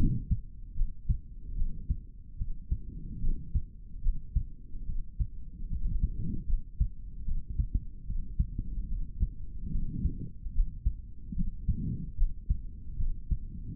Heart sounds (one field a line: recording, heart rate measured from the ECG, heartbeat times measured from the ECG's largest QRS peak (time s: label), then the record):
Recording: heart sounds by stethoscope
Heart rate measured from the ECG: 74 bpm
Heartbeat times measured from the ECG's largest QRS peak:
0.75 s: heartbeat
1.55 s: heartbeat
2.37 s: heartbeat
3.20 s: heartbeat
4.02 s: heartbeat
4.85 s: heartbeat
5.68 s: heartbeat
6.46 s: heartbeat
7.24 s: heartbeat
8.05 s: heartbeat
8.88 s: heartbeat
9.71 s: heartbeat
10.53 s: heartbeat
11.34 s: heartbeat
12.16 s: heartbeat
12.96 s: heartbeat
From the record:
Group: healthy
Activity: rest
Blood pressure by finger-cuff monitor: 80/49 mmHg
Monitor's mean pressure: 59 mmHg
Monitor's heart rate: 74 bpm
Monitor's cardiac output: 4 L/min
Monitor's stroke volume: 54 mL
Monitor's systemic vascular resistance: 1030 dyn s/cm5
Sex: male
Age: 55 years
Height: 167 cm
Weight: 57.2 kg